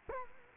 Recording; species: mosquito wingbeat signal from an infrared sensor; Culex quinquefasciatus